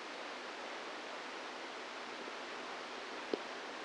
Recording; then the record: brain microelectrode recording played as sound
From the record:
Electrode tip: inside the subthalamic nucleus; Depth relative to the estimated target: 1 mm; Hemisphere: right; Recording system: NeuroSet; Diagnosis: Parkinson's disease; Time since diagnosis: 10 years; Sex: female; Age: 45 years